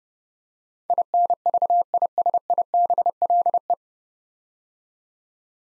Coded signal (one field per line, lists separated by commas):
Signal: Morse code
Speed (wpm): 30 wpm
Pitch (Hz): 700 Hz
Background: none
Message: INVISIBLE